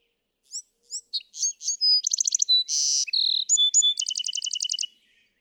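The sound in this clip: Bewick's wren, song opening with two soft high notes, then rapid stuttered notes, a dry buzz, a whistled tone and a long fast trill.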